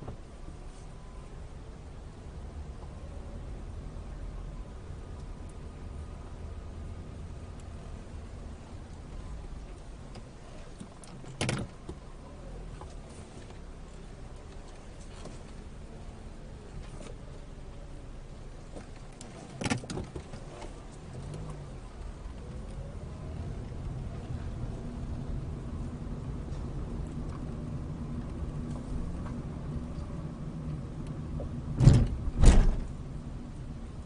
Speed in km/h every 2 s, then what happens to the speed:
8, 8, 8, 6, 0, 0, 0, 0, 0, 0, 6, 15, 18, 19, 18, 15, 8.
0-5 steady at about 8. 5-8 slows to 0. 8-19 standing. 19-26 pulls away to 19. 26-34 slows to 8.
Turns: none.